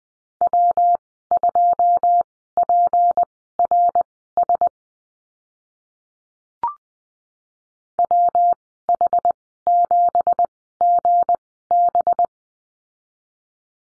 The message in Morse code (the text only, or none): W2PRS WH7GB